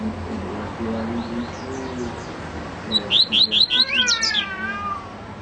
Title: Canto Coleiro